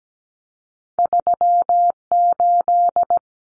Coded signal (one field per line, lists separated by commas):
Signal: Morse code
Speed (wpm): 17 wpm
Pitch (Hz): 700 Hz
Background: none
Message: 38